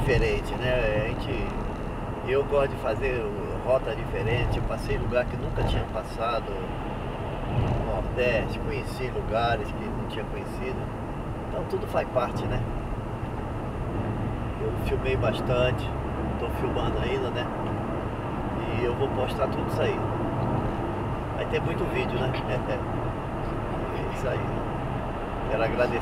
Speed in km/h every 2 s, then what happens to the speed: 93, 91, 88, 90, 89, 93, 98, 106, 110, 111, 113, 113, 116.
0-8 steady at about 90. 8-26 speeds up to 116.